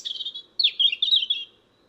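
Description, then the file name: European robin song, two short bursts of high, thin twittering notes separated by a brief pause. "Erithacus rubecula"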